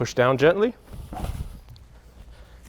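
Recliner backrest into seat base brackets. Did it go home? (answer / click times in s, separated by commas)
yes / 1.7 s, 1.8 s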